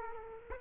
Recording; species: mosquito wingbeat signal from an infrared sensor; Culex quinquefasciatus